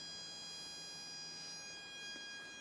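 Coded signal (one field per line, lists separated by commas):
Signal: ZX Spectrum tape loading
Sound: steady buzzy square-wave tone around 800 Hz, the tape's lead-in tone, throughout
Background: tape hiss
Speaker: see what we got okay we've got the game hero and as you can see it's loading perfectly fine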